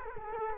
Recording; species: mosquito wingbeat signal from an infrared sensor; Culex quinquefasciatus